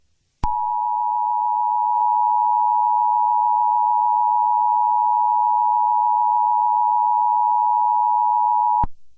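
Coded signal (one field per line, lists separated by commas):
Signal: Emergency Alert System (SAME) tones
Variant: 853 and 960 Hz attention tone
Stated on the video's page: Fictional scenario, remastered.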